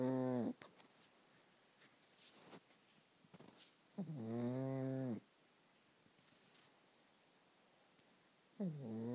Pug snoring.